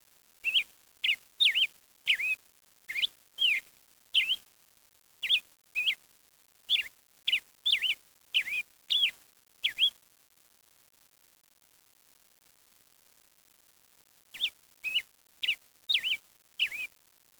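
Bird giving short, clear whistled notes, each with a quick bend in pitch, repeated about twice a second for ten seconds, then silence, then another short run.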